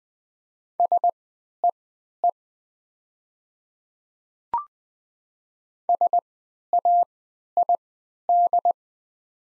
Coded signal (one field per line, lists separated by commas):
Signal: Morse code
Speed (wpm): 20 wpm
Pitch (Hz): 700 Hz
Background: none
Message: SEE SAID